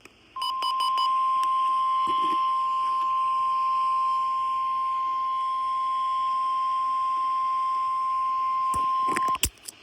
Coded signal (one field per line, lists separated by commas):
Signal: Emergency Alert System (SAME) tones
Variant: 1050 Hz attention tone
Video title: EAS | Required Weekly Test on WXJ53 | 09/24/2025 | EAS #16